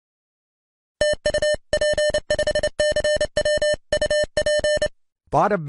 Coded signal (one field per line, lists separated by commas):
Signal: Morse code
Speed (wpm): 29 wpm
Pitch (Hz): 600 Hz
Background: music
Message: TU P5CW UP S